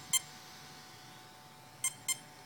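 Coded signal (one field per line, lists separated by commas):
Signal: beep code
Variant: Castle Mamba ESC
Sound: short electronic beeps: a single beep, a long gap, then two quick beeps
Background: quiet room hum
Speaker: now I got two beeps two beeps option number two break them out with the second one in the sequence so that would be 50% break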